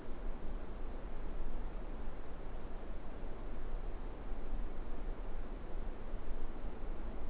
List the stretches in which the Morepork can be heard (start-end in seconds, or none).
none